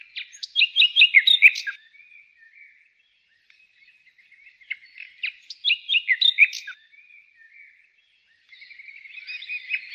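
Bird chirps: two bursts of bright high chirps and short trills, with soft twittering between them and a busier chatter near the end.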